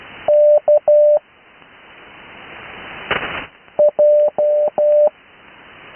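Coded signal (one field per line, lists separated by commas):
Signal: Morse code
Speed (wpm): 12 wpm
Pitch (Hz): 600 Hz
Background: none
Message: K J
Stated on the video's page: Morse code practice recorded live on 80 metres.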